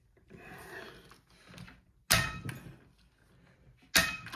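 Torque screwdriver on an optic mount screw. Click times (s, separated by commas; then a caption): 2.1 s. A click-type torque screwdriver tightens an optic mount screw on an AR build, with soft scraping and handling noises as the screw is turned. The screwdriver clicks sharply at its torque setting at 2.1 s, and another loud sharp hit comes near the end of the clip.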